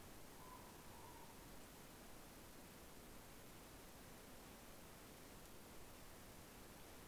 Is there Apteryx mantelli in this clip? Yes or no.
no